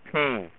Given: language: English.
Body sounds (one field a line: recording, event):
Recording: throat vibration sensor signal played as sound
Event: speech